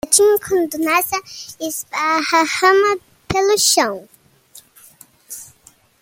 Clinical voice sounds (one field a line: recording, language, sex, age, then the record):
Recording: short text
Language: Brazilian Portuguese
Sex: male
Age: 40 to 49 years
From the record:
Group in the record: control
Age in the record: 40 years